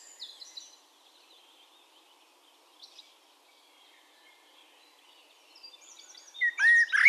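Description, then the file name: Eurasian blackbird: a mostly quiet stretch with a few faint high chirps, then a loud burst of fluted song right at the end. "Turdus merula"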